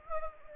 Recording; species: mosquito wingbeat signal from an infrared sensor; Anopheles gambiae